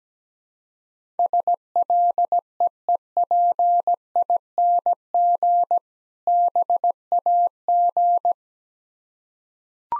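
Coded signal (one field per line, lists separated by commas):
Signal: Morse code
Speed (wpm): 17 wpm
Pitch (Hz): 700 Hz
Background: none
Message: SLEEPING BAG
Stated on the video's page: Morse practice of difficult words at 17 wpm with contextual hints, a copying drill.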